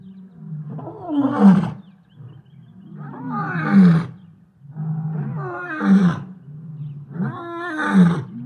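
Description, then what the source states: Lion roars: four long, deep, groaning roars about two seconds apart, each swelling and then fading. In the savannah.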